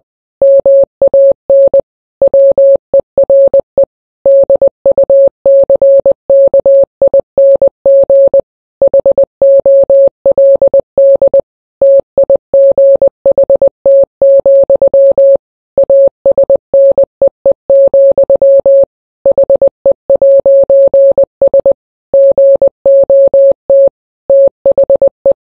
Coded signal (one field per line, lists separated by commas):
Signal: Morse code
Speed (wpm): 20 wpm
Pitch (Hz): 550 Hz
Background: none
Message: MAN WERE DUCKING HOLD TIGHT, ASNEE, HE'S GOT THE